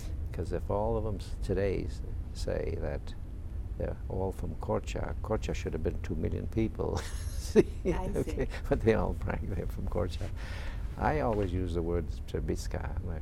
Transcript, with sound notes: Because if all of them today say that they're all from Corcha, Corcha should have been two million people. ( he laughs )
I see.
But they all brag they're from Corcha. I always use the words Trebiska.